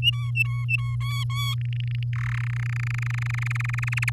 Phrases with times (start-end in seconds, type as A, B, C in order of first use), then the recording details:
0.02-0.96 A, 1.00-1.54 B, 1.58-2.03 C, 2.13-2.39 D, 2.40-4.11 E. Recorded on 11 May 2018 at 06:03. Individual llb16